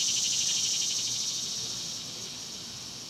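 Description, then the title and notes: Cicada chorus, a high sizzling buzz with rapid regular pulses, gradually growing quieter. Several cicadas recorded outdoors at dusk. "Ext Cicadas, Dusk by Bandeto"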